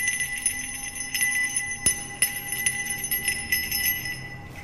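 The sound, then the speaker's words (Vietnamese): A small brass bell rings repeatedly in a steady shaking rhythm, its bright, high, sustained tones layered over one another, with a few sharper strikes standing out and no voices. “Thầy bắt đầu rung chuông, vang lên những tiếng lanh lảnh.”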